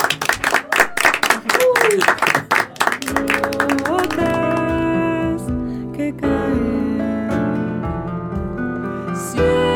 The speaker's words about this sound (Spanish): Y nos despedimos con un aplauso para la banda.